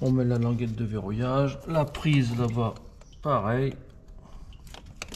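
On a Peugeot Partner during a service, an electrical plug is handled at its socket while its locking tab is fitted, and someone talks through most of the clip. Two brief sharp taps come near the end at about 5.0 and 5.1 seconds, but the plug has not seated or clicked into its socket yet.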